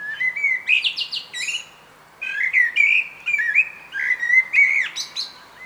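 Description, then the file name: Common blackbird singing fluted whistled phrases laced with high, squeaky embellishments, separated by brief pauses. "Turdus merula"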